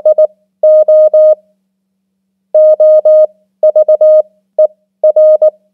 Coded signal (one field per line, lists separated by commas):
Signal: Morse code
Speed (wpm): 19 wpm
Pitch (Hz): 620 Hz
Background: none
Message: IO OVER